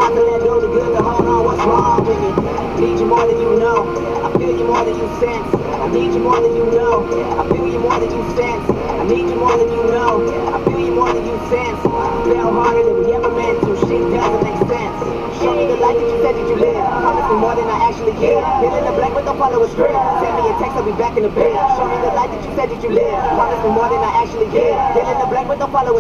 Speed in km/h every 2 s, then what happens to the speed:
79, 79, 79, 80, 81, 81, 80, 79, 80, 80, 79, 78, 77.
0-26 steady at about 79.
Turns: none.